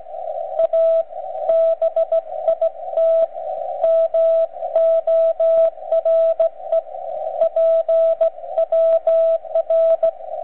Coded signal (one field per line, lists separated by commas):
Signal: Morse code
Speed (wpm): 16 wpm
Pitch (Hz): 660 Hz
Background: radio noise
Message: A BIT MORE PWR